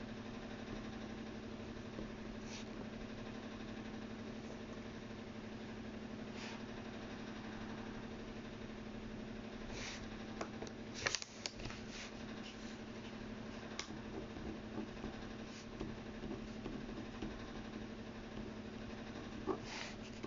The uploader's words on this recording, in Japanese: 身体表現家 役者でない が何らかのテキストを書き写しているときの音をお送りします。今回は、素潜り旬さんの詩集『パスタで巻いた靴』より『パスタで巻いた靴』を移している最中の音です。